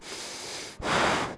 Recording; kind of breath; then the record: one breath in and out by a microphone near the nose and mouth; strong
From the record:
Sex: male